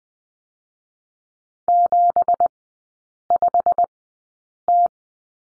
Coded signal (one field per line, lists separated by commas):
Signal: Morse code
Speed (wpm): 20 wpm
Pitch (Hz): 700 Hz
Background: none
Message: 75T